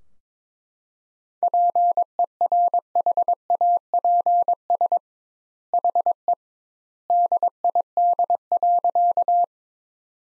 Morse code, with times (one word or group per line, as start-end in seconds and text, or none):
1.4-5.0 PERHAPS
5.7-6.3 HE
7.1-9.4 DID.